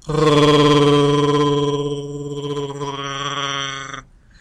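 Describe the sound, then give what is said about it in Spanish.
A person imitates a Chewbacca growl, made from the throat while yawning: one sustained, loud, throaty roar with a wavering, rough pitch lasting about four seconds before stopping abruptly. “Entonces, lo único que agregué fue agregarle el gruñido. Pero ese gruñido no emana desde la lengua, emana desde la garganta.”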